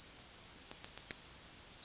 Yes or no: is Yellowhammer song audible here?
yes